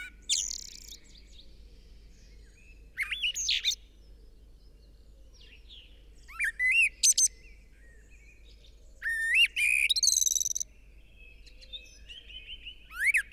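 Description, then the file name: Common blackbird singing scattered phrases of whistles topped with piercing high, squeaky flourishes, separated by quiet gaps over a faint low hum. "Turdus merula"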